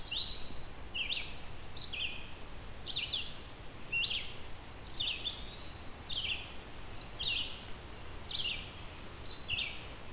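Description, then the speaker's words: Red-eyed Vireo song: short, slurred whistled phrases repeated roughly once a second over a steady hiss of background noise. Sings all day with few breaks, a near-constant background song in canopy forests of the region; song likened to 'vireo, vireo' repeated. "I always remember this one by thinking that it's kind of saying vireo, vireo, vireo over and over again."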